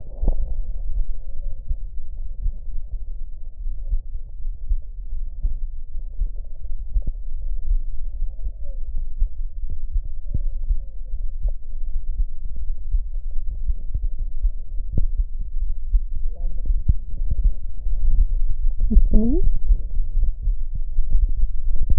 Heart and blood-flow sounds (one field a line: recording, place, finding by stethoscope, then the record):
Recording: heart sounds by stethoscope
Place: aortic valve (AV)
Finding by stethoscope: normal heart sounds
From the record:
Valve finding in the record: normal valve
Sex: female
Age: 68 years